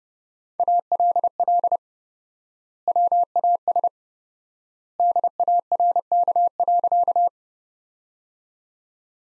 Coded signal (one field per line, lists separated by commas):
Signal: Morse code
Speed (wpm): 30 wpm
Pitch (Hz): 700 Hz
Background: none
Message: ALL WAS DARK.